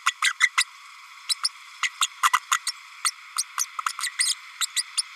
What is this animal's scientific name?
Forpus passerinus